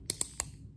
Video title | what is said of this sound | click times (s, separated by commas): Virtual Training Two | until you can hear them completely click open and release | 0.1 s